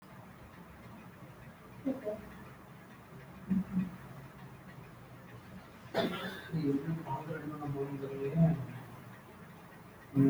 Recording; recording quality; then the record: shallow breathing; excellent, no background noise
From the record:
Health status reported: healthy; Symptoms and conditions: none ticked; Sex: female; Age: 20 years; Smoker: not ticked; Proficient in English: yes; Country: India